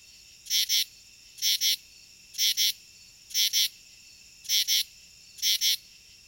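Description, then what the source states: Northern true katydid calling, harsh rasping double pulses repeated about once a second, each pair a quick two-part buzz, over a quiet background. Male's harsh breeding calls, heard from treetops at night in late summer and autumn; common east of the Rocky Mountains.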